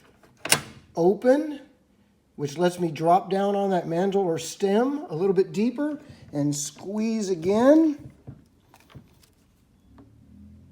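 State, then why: Not seated. A hand rivet tool is worked on a pop rivet setting into sheet material, reopened to drop farther down the mandrel stem and squeezed again while someone talks. Sharp handling clicks come near 0.5 seconds and faint ones near 8.7 and 8.9 seconds. The stem has not yet snapped and nothing has seated yet.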